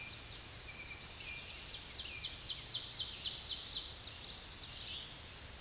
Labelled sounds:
Ovenbird song
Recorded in a Pennsylvania forest on 16 May 2024 at 07:34
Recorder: AudioMoth, point MSD-2163
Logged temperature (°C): 16.1 °C
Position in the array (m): 212 m, 129 m

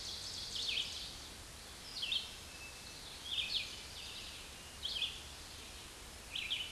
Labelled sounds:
Red-eyed Vireo song
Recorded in a Pennsylvania forest on 16 May 2024 at 07:41
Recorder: AudioMoth, point MSD-2287
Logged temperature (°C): 11.2 °C
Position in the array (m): 149 m, 29 m

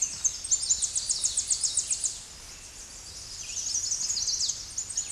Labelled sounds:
Chestnut-sided Warbler song
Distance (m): 15 m
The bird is about level with the microphone
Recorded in a Pennsylvania forest on 16 May 2024 at 08:25
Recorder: AudioMoth, point MSD-1293
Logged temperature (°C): 12.0 °C
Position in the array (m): 53 m, 138 m

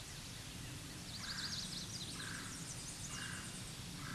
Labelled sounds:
Chestnut-sided Warbler song
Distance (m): 35 m
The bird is about level with the microphone
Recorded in a Pennsylvania forest on 16 May 2024 at 08:05
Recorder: AudioMoth, point MSD-1307
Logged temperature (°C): 16.6 °C
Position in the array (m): 188 m, 102 m

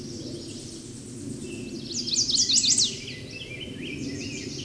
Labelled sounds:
Chestnut-sided Warbler song
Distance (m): 10 m
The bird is about 5 m above the microphone
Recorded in a Pennsylvania forest on 16 May 2024 at 08:59
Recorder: AudioMoth, point MSD-2166
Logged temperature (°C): 16.3 °C
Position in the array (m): 117 m, -0 m

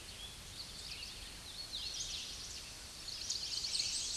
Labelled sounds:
Hooded Warbler song
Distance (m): 50 m
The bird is about level with the microphone
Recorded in a Pennsylvania forest on 16 May 2024 at 07:52
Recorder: AudioMoth, point MSD-1401
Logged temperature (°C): 16.4 °C
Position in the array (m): 120 m, 146 m

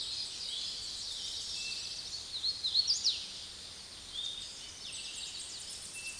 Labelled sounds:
Hooded Warbler song
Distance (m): 25 m
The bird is about 5 m above the microphone
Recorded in a Pennsylvania forest on 16 May 2024 at 06:21
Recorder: AudioMoth, point MSD-2417
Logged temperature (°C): 16.4 °C
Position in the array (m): 99 m, 100 m

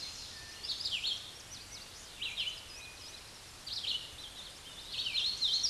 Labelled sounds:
Red-eyed Vireo song
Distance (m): 25 m
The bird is about 20 m above the microphone
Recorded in a Pennsylvania forest on 16 May 2024 at 08:32
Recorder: AudioMoth, point MSD-2258
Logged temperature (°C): 15.2 °C
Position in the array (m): 165 m, 72 m

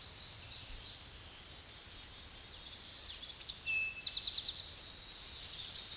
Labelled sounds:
Eastern Towhee song
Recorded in a Pennsylvania forest on 16 May 2024 at 06:05
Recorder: AudioMoth, point MSD-0665
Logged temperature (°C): 16.1 °C
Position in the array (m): 66 m, 103 m

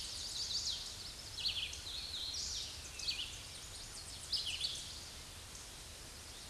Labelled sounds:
Red-eyed Vireo song
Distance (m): 30 m
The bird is about 10 m above the microphone
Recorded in a Pennsylvania forest on 16 May 2024 at 07:15
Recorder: AudioMoth, point MSD-2208
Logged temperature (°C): 15.2 °C
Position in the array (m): 167 m, 71 m

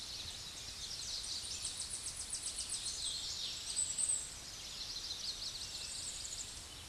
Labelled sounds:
Tennessee Warbler song
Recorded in a Pennsylvania forest on 16 May 2024 at 08:29
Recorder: AudioMoth, point MSD-0661
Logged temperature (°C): 15.8 °C
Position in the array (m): 24 m, 101 m

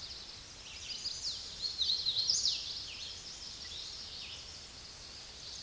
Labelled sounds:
Hooded Warbler song
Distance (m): 35 m
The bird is about 20 m above the microphone
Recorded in a Pennsylvania forest on 16 May 2024 at 09:43
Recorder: AudioMoth, point MSD-2208
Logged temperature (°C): 15.2 °C
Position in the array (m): 145 m, 114 m

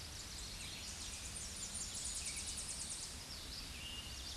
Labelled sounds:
Tennessee Warbler song
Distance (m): 40 m
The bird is about 20 m above the microphone
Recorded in a Pennsylvania forest on 16 May 2024 at 07:38
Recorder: AudioMoth, point MSD-1307
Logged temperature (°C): 16.6 °C
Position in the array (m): 216 m, 161 m

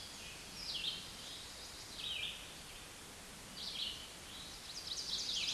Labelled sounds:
Red-eyed Vireo song
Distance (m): 15 m
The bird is about 5 m above the microphone
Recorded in a Pennsylvania forest on 16 May 2024 at 09:03
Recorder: AudioMoth, point MSD-2287
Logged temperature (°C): 11.2 °C
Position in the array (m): 150 m, 28 m

